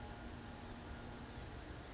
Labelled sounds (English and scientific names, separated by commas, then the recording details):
Blue-gray Gnatcatcher (Polioptila caerulea)
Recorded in Sonoma County, California